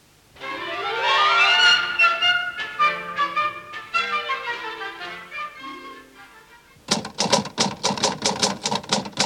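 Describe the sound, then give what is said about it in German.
A short tuneful musical passage fades out, then a typewriter clacks away in a quick, steady run of about ten sharp, loud keystrokes as a letter is typed. “Was tippen Sie”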